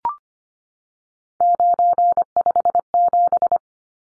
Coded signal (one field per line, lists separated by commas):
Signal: Morse code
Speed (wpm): 25 wpm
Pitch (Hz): 700 Hz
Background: none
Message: 957